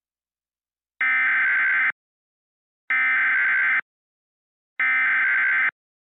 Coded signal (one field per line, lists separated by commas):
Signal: Emergency Alert System (SAME) tones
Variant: header bursts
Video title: EAS Scenario 1 [REMASTER]: The Colorado Monster